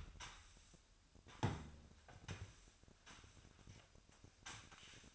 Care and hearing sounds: daily activity, microphone in the room; sweep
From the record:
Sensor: 2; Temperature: 25.5 degrees Celsius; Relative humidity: 38.8%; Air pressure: 1006.8 hPa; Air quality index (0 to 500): 198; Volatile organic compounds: 13 ppm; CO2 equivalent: 2426 ppm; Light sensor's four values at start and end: 9/22/9/9 and 9/22/9/9

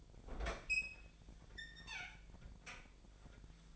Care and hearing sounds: daily activity, microphone in the room; open fridge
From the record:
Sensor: 5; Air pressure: 1009.8 hPa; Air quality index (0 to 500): 162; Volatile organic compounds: 4 ppm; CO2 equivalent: 1575 ppm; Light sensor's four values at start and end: 124/316/132/140 and 126/320/134/143

